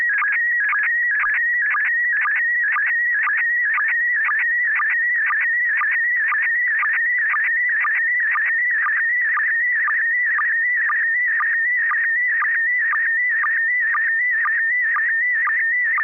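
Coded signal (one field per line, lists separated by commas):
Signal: SSTV (slow-scan television)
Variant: PD 120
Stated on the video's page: SSTV images exchanged on a weekly net via an FM repeater on 441.300 MHz.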